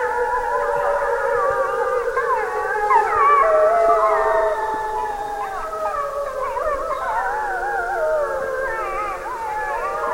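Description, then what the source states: Wolf: chorus of wolves howling at once, many tangled wavering tones with quick pitch bends and yips, sustained throughout over steady background hiss. Pack howling.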